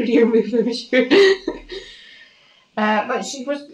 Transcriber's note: laughs